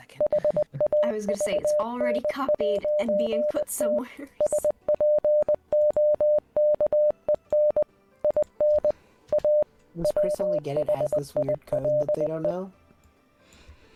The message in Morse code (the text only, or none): HAVN'T SPOKEN IN A WHILE